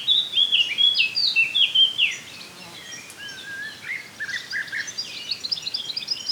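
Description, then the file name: Eurasian blackcap singing a loud, fluty warbled phrase of sliding whistles for about two seconds, followed by softer, scratchier twittering and further brief warbles. "Sylvia atricapilla"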